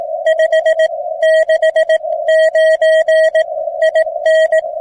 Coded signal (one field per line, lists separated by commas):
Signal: Morse code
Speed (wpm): 18 wpm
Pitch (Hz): 640 Hz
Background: music, radio noise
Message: 569 IN